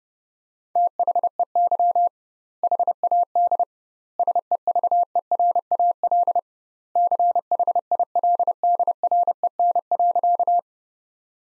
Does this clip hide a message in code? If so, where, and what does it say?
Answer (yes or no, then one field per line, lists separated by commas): yes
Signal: Morse code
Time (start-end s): 0.8-10.6 s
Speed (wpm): 30 wpm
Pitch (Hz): 700 Hz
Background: none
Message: THEY HAD SEVERAL CHILDREN.